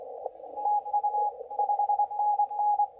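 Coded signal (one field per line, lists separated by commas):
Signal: Morse code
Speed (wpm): 25 wpm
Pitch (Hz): 830 Hz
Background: radio noise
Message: TU 5NN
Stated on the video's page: WPX CW contest worked through Remote Ham Radio contest stations, heard on laptop without headphones.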